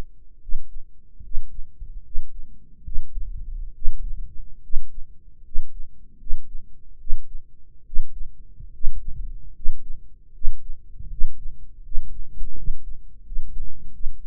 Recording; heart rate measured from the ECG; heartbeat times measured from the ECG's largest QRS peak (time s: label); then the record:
heart sounds by microphone in the right ear; 75 bpm
0.40 s: heartbeat
1.23 s: heartbeat
2.03 s: heartbeat
2.83 s: heartbeat
3.73 s: heartbeat
4.62 s: heartbeat
5.43 s: heartbeat
6.18 s: heartbeat
6.98 s: heartbeat
7.85 s: heartbeat
8.72 s: heartbeat
9.54 s: heartbeat
10.33 s: heartbeat
11.09 s: heartbeat
11.83 s: heartbeat
12.56 s: heartbeat
13.24 s: heartbeat
13.92 s: heartbeat
From the record:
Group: healthy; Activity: rest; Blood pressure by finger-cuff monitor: 159/109 mmHg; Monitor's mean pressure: 120 mmHg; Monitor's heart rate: 75 bpm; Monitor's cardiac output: 6.2 L/min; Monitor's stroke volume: 84 mL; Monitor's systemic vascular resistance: 1450 dyn s/cm5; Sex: male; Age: 23 years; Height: 179 cm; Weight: 87 kg